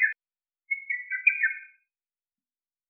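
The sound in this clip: Lesser cuckoo call, a single quick run of shrill whistled notes lasting about a second, with clipped sounds at the start and end and silence between.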